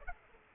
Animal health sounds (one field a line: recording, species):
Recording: mosquito wingbeat signal from an infrared sensor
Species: Aedes aegypti